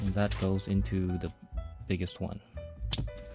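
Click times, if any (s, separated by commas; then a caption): 2.9 s. A plastic wiring harness connector from an Infiniti QX60 is pushed into the largest socket on the aftermarket head unit interface harness while someone talks, with music playing underneath. A short, sharp click at 2.9 s marks the connector seating in the socket.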